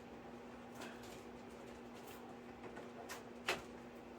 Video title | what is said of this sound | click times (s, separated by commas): Avios King Twin 1700mm UNBOXING! Another plane?? by Fat Guy Flies Rc | Okay, that's not quite clicking in, so I may have to | none